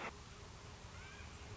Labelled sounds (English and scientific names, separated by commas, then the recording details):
Northern Flicker (Colaptes auratus)
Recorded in Sonoma County, California